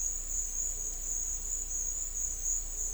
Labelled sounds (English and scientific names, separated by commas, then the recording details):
none
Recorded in secondary vegetation near Puerto Asís, Putumayo, Colombia, on 18 December 2024 at 12:00
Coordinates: 0.488, -76.319
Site GP04